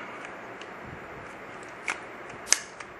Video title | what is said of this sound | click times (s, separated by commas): Maglula for Colt SMG 9mm how to and review ! | that click it locks on unlike a lot of their other loader | 2.5 s